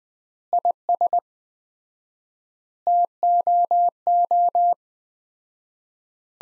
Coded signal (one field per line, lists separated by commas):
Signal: Morse code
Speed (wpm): 20 wpm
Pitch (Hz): 700 Hz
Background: none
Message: IS TOO